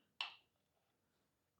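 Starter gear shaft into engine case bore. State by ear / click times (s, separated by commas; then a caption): seated / 0.2 s. A dropped starter gear shaft on a motorcycle engine is lifted back up and pushed into its bore in the engine case. A single sharp, bright click sounds at 0.2 s and fades quickly, then near-silence follows. The shaft is seated.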